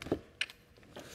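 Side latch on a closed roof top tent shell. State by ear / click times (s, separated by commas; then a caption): seated / 0.4 s. A side latch on a closed roof top tent shell, folded down with the fabric tucked in, is pulled out until it pops and then snaps closed. A sharp, bright click at 0.4 s stands out over softer knocks before and after. The latch is clicked in and seated.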